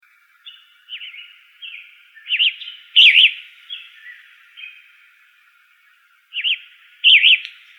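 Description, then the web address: Flame-colored tanager singing hoarse, burry warbled phrases, softer notes leading into louder ones, in two runs separated by a short pause. Arizona, 16 May 2004. "Tanagers FCTA 051604"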